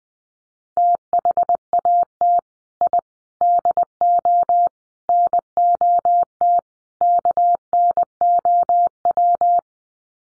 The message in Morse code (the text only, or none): THAT I DO NOT KNOW